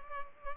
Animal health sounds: mosquito wingbeat signal from an infrared sensor; Culex pipiens

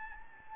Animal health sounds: mosquito wingbeat signal from an infrared sensor; Anopheles gambiae

